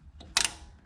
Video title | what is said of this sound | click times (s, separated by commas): How To Replace Starter Solenoid Toro TimeCutter Zero Turn Mower | That'll slide over and you'll hear it click. | 0.4 s